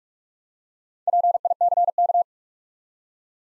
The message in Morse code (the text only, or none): PICK